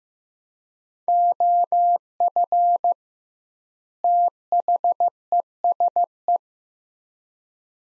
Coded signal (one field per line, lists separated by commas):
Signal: Morse code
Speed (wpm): 15 wpm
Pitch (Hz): 700 Hz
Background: none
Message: OF THESE